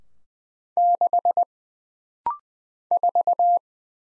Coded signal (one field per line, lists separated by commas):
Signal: Morse code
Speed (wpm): 20 wpm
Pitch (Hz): 700 Hz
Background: none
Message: 6 4